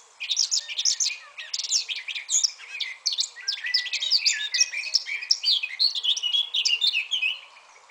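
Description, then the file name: Eurasian blackcap pouring out a continuous, jumbled warble of high chattering and squeaky notes, barely pausing throughout. "Sylvia atricapilla"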